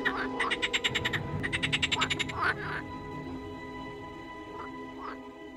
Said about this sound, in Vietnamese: chẳng hiểu ếch ở đâu mà lại kêu lên râm ran đến kỳ lạ. Cả thôn phường bãi ngập tràn tiếng ếch kêu, cứ như đang vào mùa ếch gọi bầy sinh sản, mặc dù thời điểm này đang là cuối tháng 8.